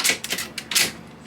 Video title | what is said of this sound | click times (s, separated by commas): DIY Van Storage - U-Shaped Bench/Dinette, Step w/ 48" Drawer, & Closet - Van Build Series (Ep. 27) | and then I cut these two pieces as a mock drawer box so it locks into place nicely | 0.6 s, 0.7 s